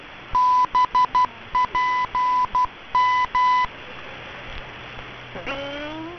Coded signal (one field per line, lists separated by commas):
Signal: Morse code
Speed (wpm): 12 wpm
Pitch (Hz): 1000 Hz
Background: none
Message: BPM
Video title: BPM Chinese Academy of Sciences 10000 kHz - Xian (CHN) - 2023